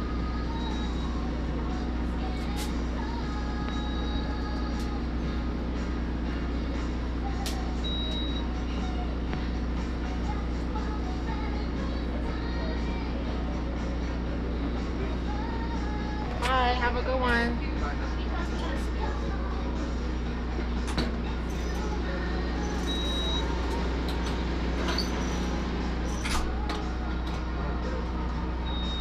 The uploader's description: Sounds from donating blood on a mobile bus, mostly sounds from the local radio station and some occasional beeping.